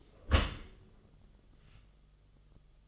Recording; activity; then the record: daily activity, microphone in the room; close dishwasher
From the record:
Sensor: 4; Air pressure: 1005.6 hPa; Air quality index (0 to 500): 110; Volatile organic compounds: 3 ppm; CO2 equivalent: 1376 ppm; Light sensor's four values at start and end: 11/24/10/9 and 11/26/10/10